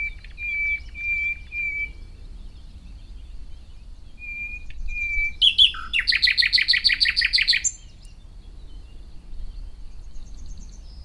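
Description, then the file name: Common nightingale song: several pure drawn-out whistles, then a sudden loud burst of fast repeated notes. "Luscinia megarhynchos"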